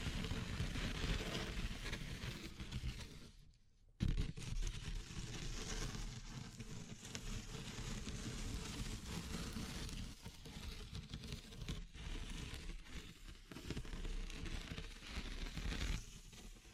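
Handling of wood, bamboo and straw makes a dense, continuous rustling and crackling with a low rumble underneath. Near the four-second mark the sound fades almost to silence, then returns abruptly. Brief dips break the otherwise steady scratching around ten, twelve and thirteen seconds.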